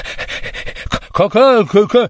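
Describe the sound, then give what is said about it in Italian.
A voice imitates the frightened, breathless panting of the toad Sapo Pipa Cururu in a fairy tale from the Amazon: a run of quick, rhythmic huffs, then several strained, rising-and-falling voiced gasps, loud and alone. “Appena Sapo Pipa Cururu li vide arrivare, il povero rospo si sentì mancare il respiro.”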